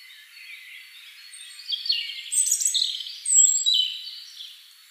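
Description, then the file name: European robin song: quiet thin notes build into a fast, high, tinkling phrase of slurred whistles and trills. "Erithacus rubecula"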